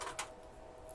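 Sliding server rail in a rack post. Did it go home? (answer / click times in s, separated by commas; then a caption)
released / 0.2 s. A push button on a sliding server rail for an HPE ProLiant DL380 Gen10 Plus is pressed, and the rail mounting latch lets go so the rail pops out of the metal rack post. A sharp click at 0.2 s marks the release, followed by a fainter tick near 0.9 s. The rail is released from the rack.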